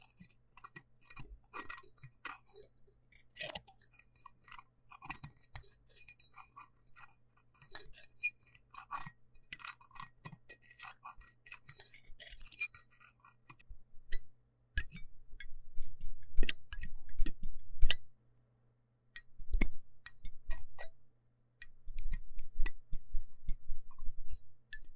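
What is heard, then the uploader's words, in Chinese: Deep cleaning of a microphone ear: dry ticks, crackles and light scratching come in quick irregular bursts. After about fourteen seconds the rubbing grows louder and fuller, with muffled low thumps. A faint steady low hum runs underneath throughout. 麥克風耳朵深度清潔。NoTalking。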